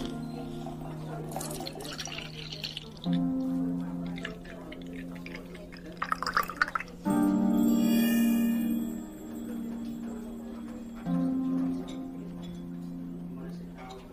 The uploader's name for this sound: Fantasy fairy cafe asmr ambience